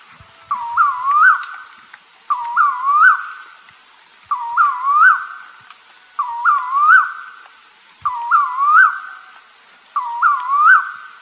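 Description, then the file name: A bird repeats the same looping whistled phrase six times at a steady pace of roughly one every two seconds, with clean silence between. "SABIOD 50 bird 2015"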